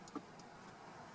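A plastic SD map card from 4D Tech is handled label side up at the SD card slot inside the center console of a 2013–2016 Lincoln MKZ, while factory navigation is being added to MyLincoln Touch. A brief faint tap comes at about 0.2 s over a steady low background hiss. The card has not seated or clicked into the slot yet.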